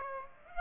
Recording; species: mosquito wingbeat signal from an infrared sensor; Aedes aegypti